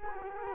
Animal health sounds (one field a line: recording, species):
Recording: mosquito wingbeat signal from an infrared sensor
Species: Culex quinquefasciatus